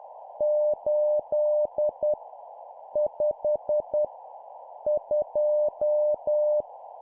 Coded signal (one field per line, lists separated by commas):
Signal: Morse code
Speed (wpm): 10 wpm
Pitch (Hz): 600 Hz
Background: none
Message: 8 5 2